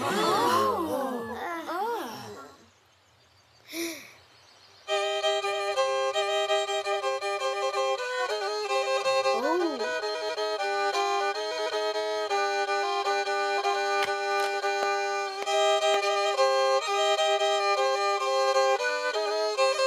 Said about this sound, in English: I'm going to play a song on this comancha. Our goat will hear my beautiful song and will come back home.